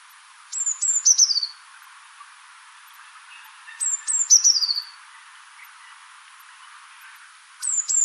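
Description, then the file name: Eurasian blue tit giving thin, very high notes that drop in pitch and end in a short buzzy trill, the phrase repeated about every three and a half seconds. "Cyanistes caeruleus"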